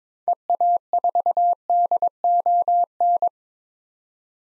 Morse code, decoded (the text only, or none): EA4DON